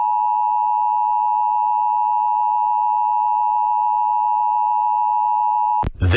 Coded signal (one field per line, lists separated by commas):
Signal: Emergency Alert System (SAME) tones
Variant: 853 and 960 Hz attention tone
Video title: Various EAS Alerts from Poughkeepsie, New York (9/9-10/2023) (EAS #126-129)